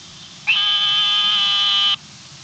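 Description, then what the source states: Narrow-mouthed frog giving a single steady, buzzy, high-pitched tone that lasts about one and a half seconds and starts with a brief upward slide. A frog of the family Microhylidae.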